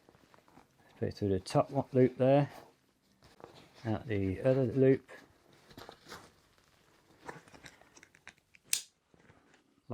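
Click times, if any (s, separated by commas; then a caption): 8.7 s. Someone talks while the compression strap of a Savotta 8 litre backpack side pouch is threaded through the pouch's top loop and out the other loop, with soft handling rustles. The strap's plastic buckle is then pushed together and clicks shut sharply at 8.7 s, locking into place.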